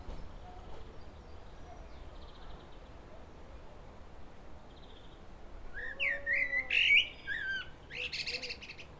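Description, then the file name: Common blackbird song phrase: rich varied whistles followed by a squeaky high twitter, after several seconds of quiet hiss and faint chirps. "Turdus merula"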